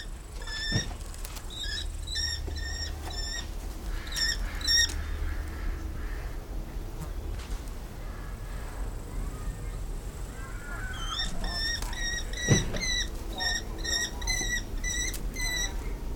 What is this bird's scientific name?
Falco sparverius